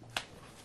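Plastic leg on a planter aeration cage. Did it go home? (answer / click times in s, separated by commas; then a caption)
yes / 0.2 s. A plastic leg on a plastic planter aeration cage is popped up into position while the cage is held down with fingers underneath. A short, sharp pop sounds at 0.2 s against quiet background noise, and the leg seats in place.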